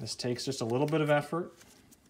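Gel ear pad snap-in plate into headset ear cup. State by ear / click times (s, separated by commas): not seated / none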